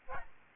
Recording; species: mosquito wingbeat signal from an infrared sensor; Aedes albopictus